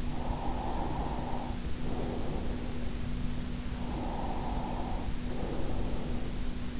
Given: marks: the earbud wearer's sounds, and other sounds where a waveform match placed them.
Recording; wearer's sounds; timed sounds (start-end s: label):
sounds in sleep by an in-ear microphone; breath
0.36-2.87 s: breath
3.92-6.36 s: breath